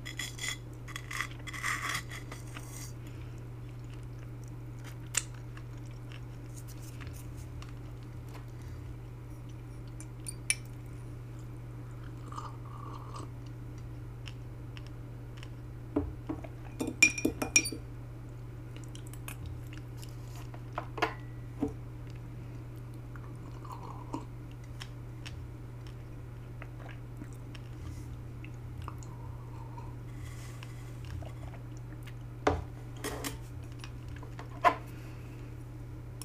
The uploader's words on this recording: ASMR Eating - Buttered Toast with Grapefruit Juice and Chia Seeds. Buttered white toast sprinkled with Kosher salt and nutritional yeast.